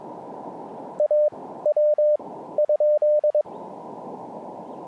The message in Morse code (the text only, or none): AW ?